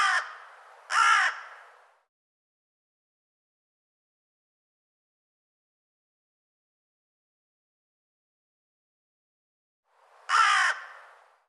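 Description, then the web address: Bird giving harsh, hoarse caw-like calls: two quick calls at the start, a long silent gap, then one more harsh call near the end. "cianscape birddata Deverinetal 2025"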